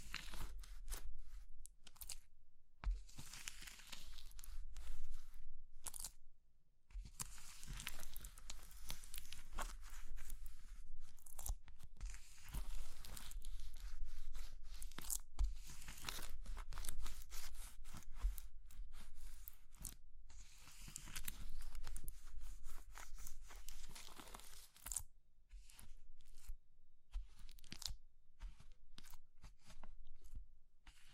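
Crushing of soft, brittle material like chalk, soap or meringue, with dense bursts of crumbly, crackling texture. The crunching comes in uneven waves with brief near-silent gaps around 3, 7 and 25 seconds. A low steady rumble sits underneath throughout.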